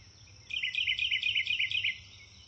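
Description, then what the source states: Bird twittering: a single rapid run of bright high chirps lasting about a second and a half, over a steady high-pitched hiss. Nature ambience recorded in a wood near a river, with birds chirping.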